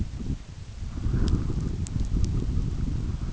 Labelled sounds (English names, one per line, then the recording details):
none
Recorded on Arctic tundra, site UTQI-5, on 29 June 2018
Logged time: 16:00